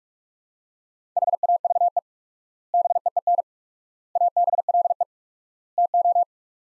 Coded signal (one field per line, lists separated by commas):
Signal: Morse code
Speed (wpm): 46 wpm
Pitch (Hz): 700 Hz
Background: none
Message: HAVE BEEN ABLE TO